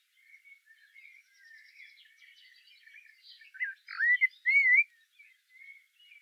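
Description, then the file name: Common blackbird song: faint scratchy twittering gives way to three louder fluty, wavering whistled notes near the end. "Turdus merula"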